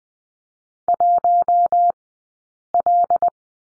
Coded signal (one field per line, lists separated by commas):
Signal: Morse code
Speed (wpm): 20 wpm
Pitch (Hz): 690 Hz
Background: none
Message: 1L